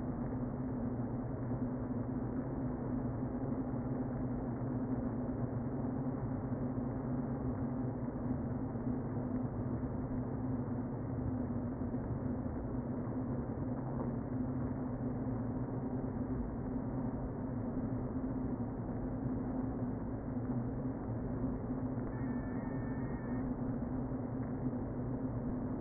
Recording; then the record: honeybee colony, microphone inside the hive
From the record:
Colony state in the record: queen present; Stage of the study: before two queens were removed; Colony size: about 60,000 bees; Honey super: yes